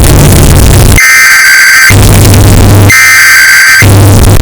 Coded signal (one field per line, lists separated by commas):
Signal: Emergency Alert System (SAME) tones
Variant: header bursts